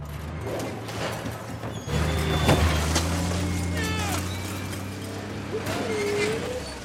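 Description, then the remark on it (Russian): A man smashes up a brand-new car: loud metallic crashes and bangs, the heaviest early on, over a steady low engine-like drone, with squealing, creaking scrapes of bending metal. “Слышат грохот. Отец раскурочил машину.”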